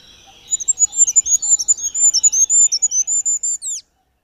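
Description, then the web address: Goldcrest song: a rapid, needle-thin run of high alternating notes lasting about three seconds, closing with a quick descending flourish, then quiet. "agykontroll Madardalok Cd 1. Sárgafejű királyka"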